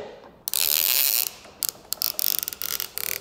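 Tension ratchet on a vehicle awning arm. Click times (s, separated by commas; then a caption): 0.6 s, 0.7 s, 0.8 s, 1.7 s, 2.0 s, 2.3 s. A tension ratchet on a vehicle awning arm, with the arm or strap hooked to the end eyelet, is cranked through a series of sharp clicks. The clicks land at 0.6, 0.7, 0.8, 1.7, 2.0 and 2.3 seconds between bursts of bright ratcheting noise. Once the needed number of clicks is reached, the awning is tensioned.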